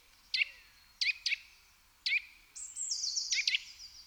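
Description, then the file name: Eurasian nuthatch calls, sharp high notes singly and in pairs, then a thin high sustained sound overlapping the last calls. "Sitta europaea"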